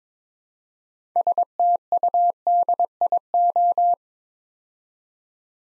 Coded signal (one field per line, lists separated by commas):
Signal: Morse code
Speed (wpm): 22 wpm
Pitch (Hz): 700 Hz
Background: none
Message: STUDIO